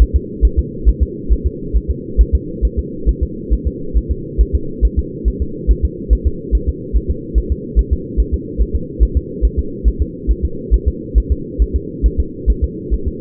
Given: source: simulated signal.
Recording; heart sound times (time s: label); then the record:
fetal heart sounds
0.02 s: S1
0.16 s: S2
0.45 s: S1
0.59 s: S2
0.88 s: S1
1.03 s: S2
1.32 s: S1
1.46 s: S2
1.76 s: S1
1.91 s: S2
2.21 s: S1
2.35 s: S2
2.65 s: S1
2.79 s: S2
3.09 s: S1
3.23 s: S2
3.53 s: S1
3.68 s: S2
3.97 s: S1
4.12 s: S2
4.41 s: S1
4.55 s: S2
4.85 s: S1
4.99 s: S2
5.28 s: S1
5.42 s: S2
5.71 s: S1
5.85 s: S2
6.13 s: S1
6.27 s: S2
6.55 s: S1
6.69 s: S2
6.96 s: S1
7.11 s: S2
7.38 s: S1
7.52 s: S2
7.79 s: S1
7.93 s: S2
8.20 s: S1
8.34 s: S2
8.62 s: S1
8.76 s: S2
9.03 s: S1
9.17 s: S2
9.45 s: S1
9.59 s: S2
9.88 s: S1
10.02 s: S2
10.31 s: S1
10.45 s: S2
10.74 s: S1
10.88 s: S2
11.18 s: S1
11.32 s: S2
11.62 s: S1
11.76 s: S2
12.06 s: S1
12.20 s: S2
12.50 s: S1
12.64 s: S2
12.94 s: S1
13.08 s: S2
From the record:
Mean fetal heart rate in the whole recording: 140 bpm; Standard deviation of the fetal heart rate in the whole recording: 2 bpm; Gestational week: 34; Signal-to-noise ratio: -4.3 dB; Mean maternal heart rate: 72 bpm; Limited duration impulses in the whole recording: absent